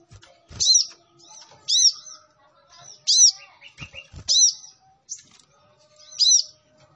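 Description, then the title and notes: Sunbird chirps, high and bright, repeated at intervals, with softer twittering notes and a few low thumps. Indonesian training (masteran) song of a Kolibri Ninja singing energetically (gacor), with full fills (isian) and 'tembakan' bursts; meant as a lure for other birds. "MASTERAN KOLIBRI NINJA TERBAIK FULL ISIAN DAN TEMBAKAN MEWAH COCOK BUAT PANCINGAN. Suara Burung Kolibri Ninja Gacor"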